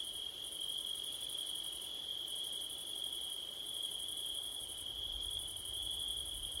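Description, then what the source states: Crickets chirping in a steady, continuous high trill with a second shimmering band above, pulsing slightly in waves, over a soft low rumble of wind. Several crickets on a September night, with wind; Blumlein stereo recording.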